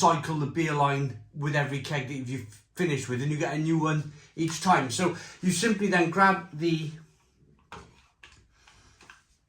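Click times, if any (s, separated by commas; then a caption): none. Someone talks while handling the plastic tap and beer line unit for a Philips Perfect Draft home draught keg of Stella Artois Unfiltered, picking the tap up before pressing it onto the keg. After the talking, a few faint knocks and rattles of handling are heard from about 7.6 s to 9.1 s. Nothing has seated or clicked yet.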